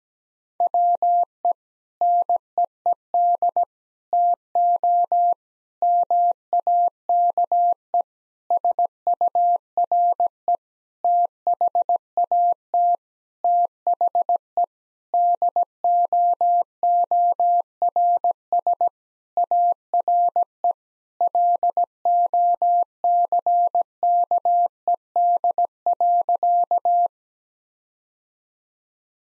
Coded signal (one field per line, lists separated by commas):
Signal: Morse code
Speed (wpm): 17 wpm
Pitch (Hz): 700 Hz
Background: none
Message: WE NEED TO MAKE SURE THAT THE DOORS ARE LOCKED.